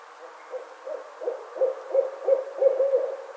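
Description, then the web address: Barred owl hooting, a rapid series of short, low hoots around one pitch, growing louder and more insistent over about three seconds. Recorded 25 May 2009. "Barred Owl 2009 05 25"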